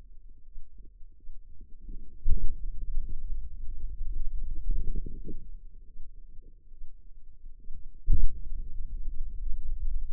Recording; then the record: forearm muscle sounds (acoustic myography)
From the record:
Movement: pen grasping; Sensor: system 2, bracelet of six BSWA MPA416 microphones around the upper forearm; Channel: 1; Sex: female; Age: 25 years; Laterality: right